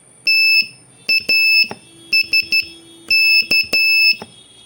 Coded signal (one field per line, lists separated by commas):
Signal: Morse code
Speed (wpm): 12 wpm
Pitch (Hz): 2650 Hz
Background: none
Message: TASK